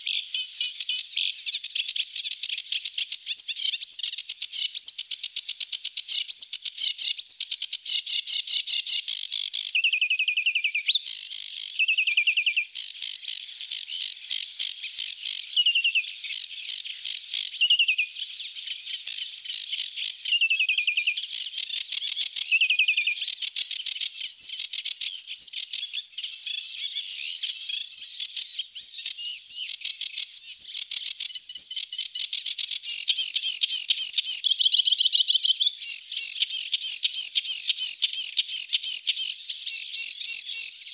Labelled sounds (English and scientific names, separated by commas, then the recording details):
Sedge Warbler (Acrocephalus schoenobaenus) song
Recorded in the wild
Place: Flögelner See, SH, Schleswig-Holstein, DE
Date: 1980-05-28
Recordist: Schwarz, Dieter